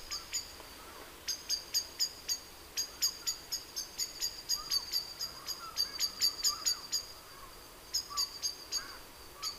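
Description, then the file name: Common blackbird giving thin, sharp high call notes in uneven clusters throughout, over a steady background hiss. "Turdus merula"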